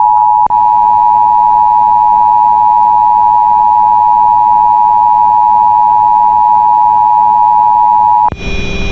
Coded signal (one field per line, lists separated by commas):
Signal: Emergency Alert System (SAME) tones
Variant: 853 and 960 Hz attention tone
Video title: 11/14/2001 East Central Ohio Emergency Alert System Test (Partial)